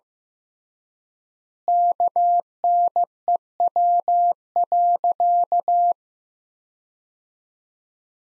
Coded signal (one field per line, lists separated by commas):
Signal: Morse code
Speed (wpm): 15 wpm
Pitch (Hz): 700 Hz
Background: none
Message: KNEW.